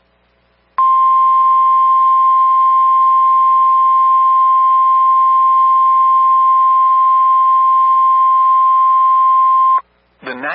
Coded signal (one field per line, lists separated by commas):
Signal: Emergency Alert System (SAME) tones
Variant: 1050 Hz attention tone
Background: speech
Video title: EAS: SVR For Bloomington, Illinois, 3-26-2026 #ilwx